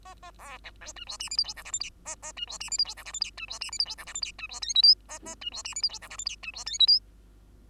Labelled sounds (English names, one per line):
Bengalese Finch song